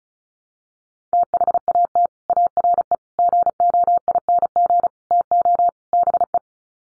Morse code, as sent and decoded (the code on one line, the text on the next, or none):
- .... .- - / .- .-. . / --. --- .. -. --. / - --- / -... .
THAT ARE GOING TO BE